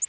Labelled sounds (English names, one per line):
Orange-crowned Warbler flight call